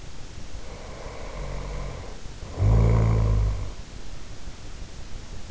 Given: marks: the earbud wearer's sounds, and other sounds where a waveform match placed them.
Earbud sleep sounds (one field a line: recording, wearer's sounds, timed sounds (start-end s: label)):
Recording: sounds in sleep by an in-ear microphone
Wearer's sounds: snoring breath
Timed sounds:
0.55-3.87 s: snoring breath